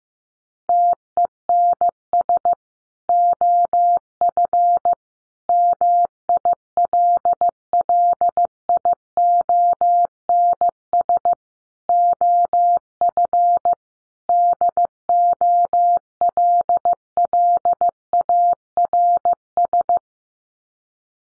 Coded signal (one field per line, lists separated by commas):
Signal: Morse code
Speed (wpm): 15 wpm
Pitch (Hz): 700 Hz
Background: none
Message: TENS OF MILLIONS OF DOLLARS